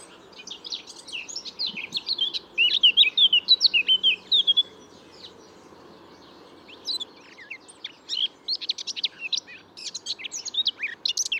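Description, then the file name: Eurasian blackcap warbling song, a fast jumble of scratchy and clear whistled notes, pausing briefly before another chattering phrase; faint low background noise throughout. "Sylvia atricapilla"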